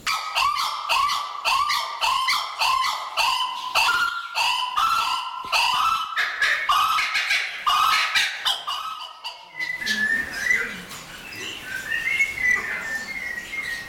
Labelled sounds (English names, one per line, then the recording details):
Blue-winged Kookaburra call
White-headed Buffalo-Weaver
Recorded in captivity
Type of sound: call sequence
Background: Dinemellia dinemelli
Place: Zoo Berlin, Berlin, DE
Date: 1996-01-21 12:58
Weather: sonnig, -8°C
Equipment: Sony MD-WM MZ-R3, Hama Mikro
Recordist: Tembrock, Günter
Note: Duett-Rufen